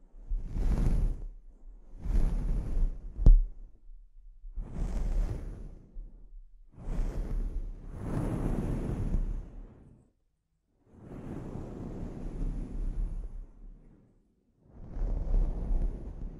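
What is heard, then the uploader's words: Scalp treatment sounds come in soft swishing, rubbing strokes, each lasting one to three seconds with short pauses between, about seven in all. A sharp click cuts in near the third second, and the later strokes are longer and slightly quieter. ASMR Sleep Inducing Scalp Treatment (No Talking).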